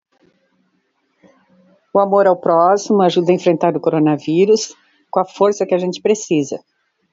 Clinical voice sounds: spoken sentence; Brazilian Portuguese; female; 60 to 69 years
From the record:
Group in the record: control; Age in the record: 65 years

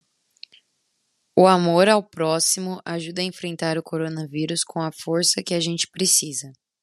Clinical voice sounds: spoken sentence; Brazilian Portuguese; female; 20 to 29 years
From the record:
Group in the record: control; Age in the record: 23 years

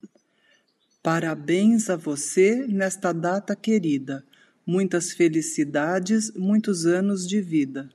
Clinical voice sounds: short text; Brazilian Portuguese; female; 60 to 69 years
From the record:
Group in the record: control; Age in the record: 60 years

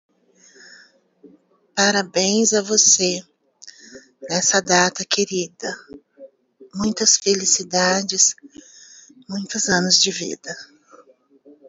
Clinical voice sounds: short text; Brazilian Portuguese; female; 40 to 49 years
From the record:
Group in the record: control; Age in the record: 49 years

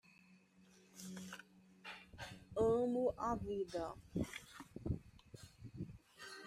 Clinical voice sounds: short text; Brazilian Portuguese; female; 30 to 39 years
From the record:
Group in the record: control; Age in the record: 38 years

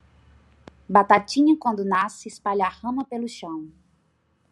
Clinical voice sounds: short text; Brazilian Portuguese; female; 20 to 29 years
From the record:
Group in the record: control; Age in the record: 27 years

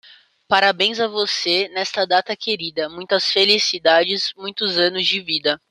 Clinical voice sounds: short text; Brazilian Portuguese; female; 20 to 29 years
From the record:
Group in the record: control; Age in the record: 23 years

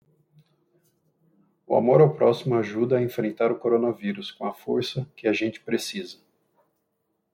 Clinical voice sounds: spoken sentence; Brazilian Portuguese; male; 40 to 49 years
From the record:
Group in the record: control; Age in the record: 46 years

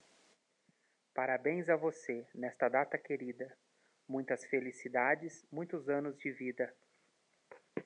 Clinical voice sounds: short text; Brazilian Portuguese; male; 30 to 39 years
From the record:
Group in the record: control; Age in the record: 39 years

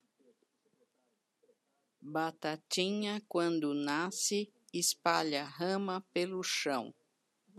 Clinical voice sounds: short text; Brazilian Portuguese; female; 70 to 79 years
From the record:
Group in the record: control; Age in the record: 75 years

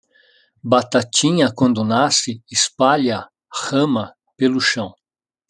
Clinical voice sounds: short text; Brazilian Portuguese; male; 50 to 59 years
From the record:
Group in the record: control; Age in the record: 58 years

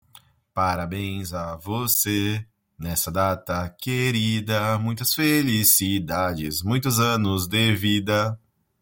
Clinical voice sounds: short text; Brazilian Portuguese; male; 40 to 49 years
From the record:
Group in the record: control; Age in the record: 41 years

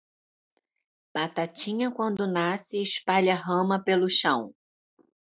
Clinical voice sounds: short text; Brazilian Portuguese; female; 30 to 39 years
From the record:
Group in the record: control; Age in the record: 39 years

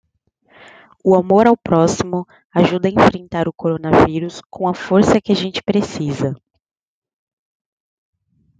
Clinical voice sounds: spoken sentence; Brazilian Portuguese; female; 20 to 29 years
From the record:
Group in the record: control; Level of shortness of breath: 0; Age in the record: 22 years

